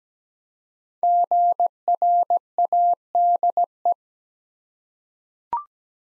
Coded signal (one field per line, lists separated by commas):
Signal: Morse code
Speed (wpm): 17 wpm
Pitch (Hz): 700 Hz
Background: none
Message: GRADE